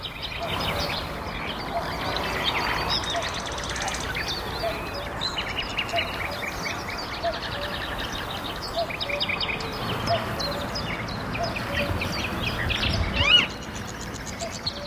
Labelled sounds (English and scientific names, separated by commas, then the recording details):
Western Marsh Harrier (Circus aeruginosus) flight call
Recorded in the wild
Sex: female
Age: adult
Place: Karower Teiche, Berlin, DE
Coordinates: 52.6222, 13.46
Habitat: pond
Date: 1988-05-01 10:22
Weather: sunny, 17-25°C
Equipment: Nagra SN, Kopie Tesla B 116
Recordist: Tembrock, Günter